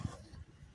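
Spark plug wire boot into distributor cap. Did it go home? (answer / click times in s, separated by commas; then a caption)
no / none. The last spark plug wire boot is pushed toward its terminal on the distributor cap of a Futura 1.5 car. Only brief low handling thumps and soft rustling are heard. Nothing has seated or clicked yet.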